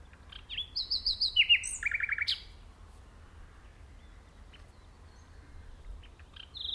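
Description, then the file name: Common nightingale singing a short, varied phrase of rapid repeated chirps and sliding whistles, followed by several seconds of near quiet with a few faint notes. "Luscinia megarhynchos"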